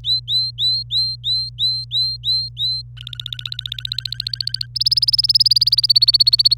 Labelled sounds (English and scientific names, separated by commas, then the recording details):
Domestic Canary (Serinus canaria) song
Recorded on 26 April 2018 at 06:32
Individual llb3